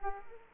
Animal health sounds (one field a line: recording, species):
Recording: mosquito wingbeat signal from an infrared sensor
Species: Culex quinquefasciatus